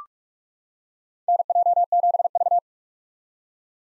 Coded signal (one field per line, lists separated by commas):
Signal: Morse code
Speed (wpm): 43 wpm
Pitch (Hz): 700 Hz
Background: none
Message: NJ7V